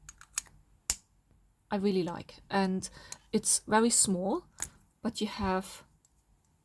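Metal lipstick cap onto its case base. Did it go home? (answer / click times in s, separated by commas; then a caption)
yes / 0.9 s. A square metal lipstick cap is pressed shut by hand onto its case base and snaps into place with a sharp click at 0.9 s, after a few softer clicks from handling. Someone then talks.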